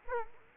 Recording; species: mosquito wingbeat signal from an infrared sensor; Culex quinquefasciatus